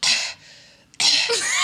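Two harsh, breathy cough bursts, the first about a third of a second and the second somewhat longer, separated by a quiet gap. An adult imitates their mother's disgusted, scoffing cough at cigarette smoke from a restaurant's smoking section. It resembles a smoker's cough but is acted, not a real symptom.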